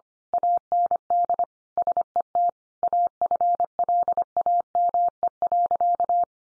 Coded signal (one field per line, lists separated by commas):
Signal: Morse code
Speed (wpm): 25 wpm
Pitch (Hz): 700 Hz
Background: none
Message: AND SET AFLAME.